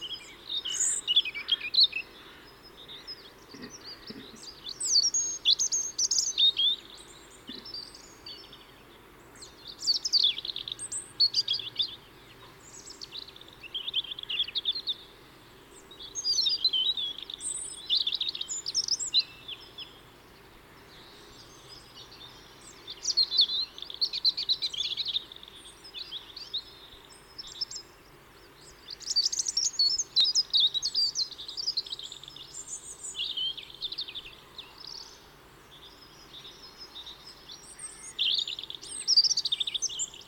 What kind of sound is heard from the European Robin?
song